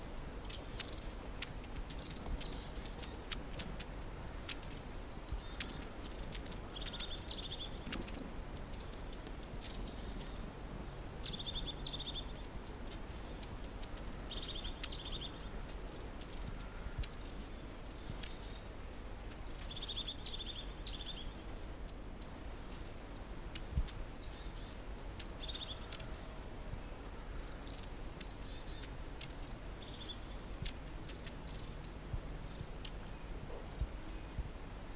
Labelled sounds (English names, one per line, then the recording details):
European Crested Tit
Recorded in the wild
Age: adult
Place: Kärnten, AT
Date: 1971-02-21
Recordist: Brunner, Thomas